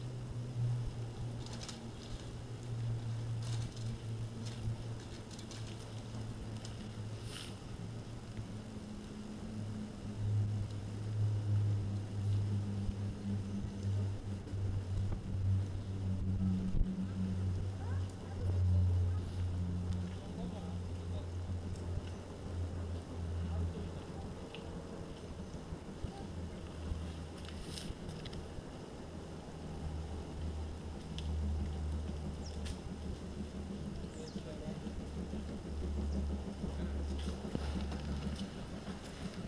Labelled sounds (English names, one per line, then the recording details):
Sika Deer rut call
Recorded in captivity
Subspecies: mantchuricus
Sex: male
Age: adult
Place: Zoo Prag, CZ
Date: 1967-09-10
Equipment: Uher 4200 Report Monitor, Sennheiser MD 421, Transistorverstärker 2
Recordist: Tembrock, Günter